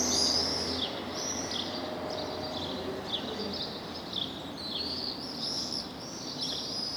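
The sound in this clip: Swift screams, high and buzzy, in overlapping arched notes that come and go, with a low steady hum underneath.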